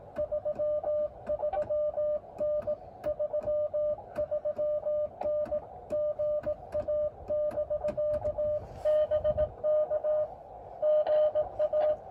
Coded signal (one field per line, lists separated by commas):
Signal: Morse code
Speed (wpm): 18 wpm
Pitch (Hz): 600 Hz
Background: music, radio noise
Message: 33N 33N GA<BK>BK GA